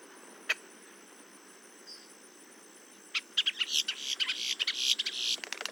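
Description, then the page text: Boat-tailed grackle song: after a quiet stretch with one click, a dense burst of harsh, noisy rattling and chattering notes fills the rest over steady high hiss. "Paul Marvin - Лодкохвостый гракл (Quiscalus major)"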